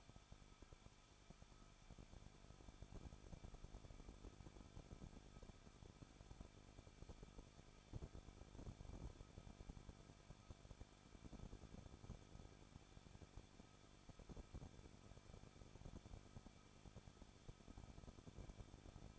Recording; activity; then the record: daily activity, microphone in the room; no activity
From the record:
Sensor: 5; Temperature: 20.7 degrees Celsius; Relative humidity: 38.3%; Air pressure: 1006.6 hPa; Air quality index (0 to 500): 186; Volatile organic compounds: 17 ppm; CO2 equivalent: 2597 ppm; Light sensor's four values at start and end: 2/3/1/1 and 2/3/1/1